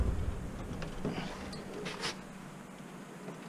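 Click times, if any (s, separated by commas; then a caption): none. The pin is pulled and the metal elevating riser section of an E22 Apollo Hi-Riser deck gun on a fire apparatus is lifted upward toward its locking position. A low rumble fades into a faint sharp tap at 0.8 s, then soft scraping and hissing bursts around 1.1 to 2.1 s. Nothing has locked or clicked yet.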